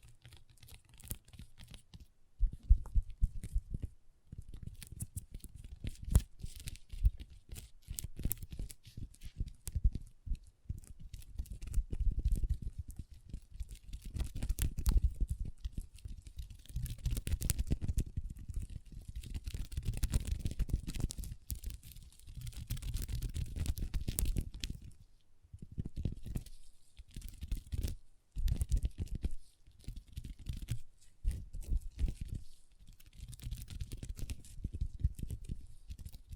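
Long nails tap and scratch across a tabletop in a busy, irregular stream of clicks and rasping strokes. Dense bursts of scraping alternate with quicker tapping, with short pauses near 11, 25 and 28 seconds. A low thudding sits under the bright clicks throughout.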